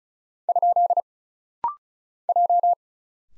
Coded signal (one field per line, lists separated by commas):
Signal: Morse code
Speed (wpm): 36 wpm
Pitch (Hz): 700 Hz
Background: none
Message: ? J